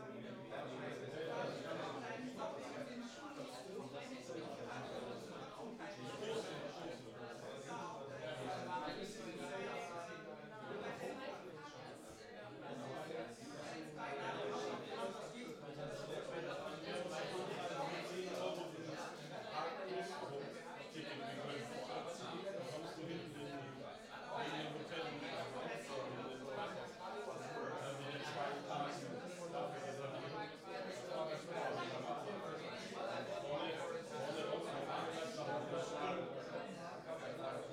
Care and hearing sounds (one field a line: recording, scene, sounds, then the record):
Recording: everyday scene through a hearing-aid microphone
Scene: many people talking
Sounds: many voices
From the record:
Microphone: in the ear canal, right